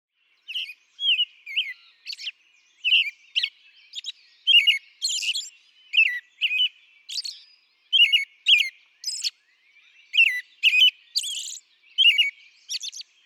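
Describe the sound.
American robin song, a run of liquid whistled phrases after a short silent start, alternating low warbled notes with shrill high-pitched squeaks in a lively, uneven rhythm.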